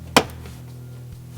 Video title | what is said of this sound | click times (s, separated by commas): Anzo USA 2015-2017 Ford F150 LED Tailgate Spoiler | till you hear them snap | 0.2 s